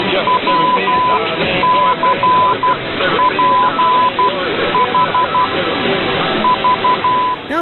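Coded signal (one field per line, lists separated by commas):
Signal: Morse code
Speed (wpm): 12 wpm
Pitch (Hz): 1000 Hz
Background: speech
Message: WCPH V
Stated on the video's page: Morse code and tones transmitted during AM broadcast station DX Tests, alongside sweeps, for distant listeners.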